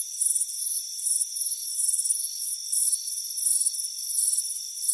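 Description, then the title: Crickets chirping in high-pitched pulsed bursts, with a constant high hum beneath. Crickets chirping on a warm afternoon by a front porch. "Soothing Crickets Chirping Sound"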